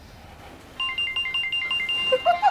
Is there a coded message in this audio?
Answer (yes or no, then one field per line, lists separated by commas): no